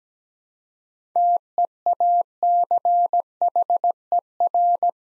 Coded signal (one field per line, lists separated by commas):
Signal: Morse code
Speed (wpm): 17 wpm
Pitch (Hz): 700 Hz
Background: none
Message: TEACHER